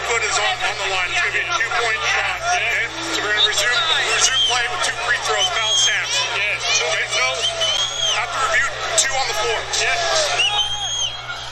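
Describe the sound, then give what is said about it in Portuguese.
A large crowd of Brazilian fans at the Brazil vs France men's basketball game at the Paris 2024 Olympics shouts angrily, many voices overlapping in a loud, continuous roar of yelled curses in Portuguese, with individual cries rising and falling throughout. “Rapaz, eu não sei se vocês ouviram, mas saiu uns palavrões em português aqui. A torcida brasileira tá bem pé da vida.”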